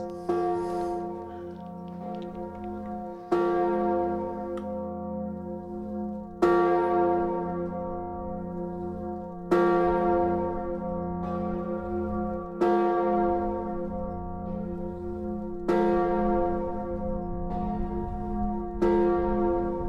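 Church bells ring out in a slow, steady sequence, each loud strike arriving about every three seconds with a bright attack and a long, humming decay that overlaps the next.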